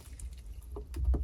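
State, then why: Not seated. A right-side fuel injector is lined up and pressed toward the fuel distributor during a rebuild of a 951DI direct fuel injection jet ski engine. There is a faint sharp tick near 0.2 s, then soft scraping and tapping handling noises around 0.8, 1.0 and 1.1 s over a steady low rumble. Nothing has seated or clicked yet.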